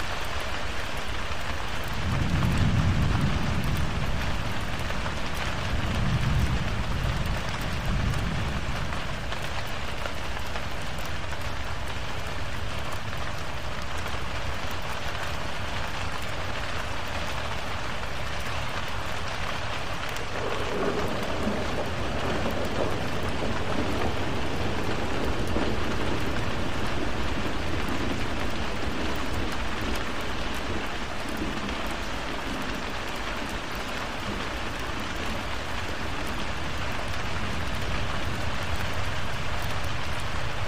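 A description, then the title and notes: Steady, dense rain hisses throughout, a constant wash with little variation in level. Low rumbles of thunder roll underneath, strongest in the first ten seconds, then a deeper shift in the low rumble around twenty seconds. Thunderstorm and Rain Sounds.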